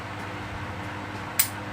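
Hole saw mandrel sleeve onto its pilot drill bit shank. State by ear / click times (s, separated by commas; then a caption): seated / 1.4 s. A hole saw mandrel sleeve is slid over its pilot drill bit shank and its button is pressed until the retainer clip locks into place. A single sharp click is heard at 1.4 s over a steady background hum, and the mandrel retainer is seated.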